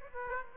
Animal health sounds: mosquito wingbeat signal from an infrared sensor; Aedes aegypti

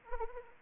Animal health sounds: mosquito wingbeat signal from an infrared sensor; Anopheles arabiensis

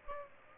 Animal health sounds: mosquito wingbeat signal from an infrared sensor; Aedes aegypti

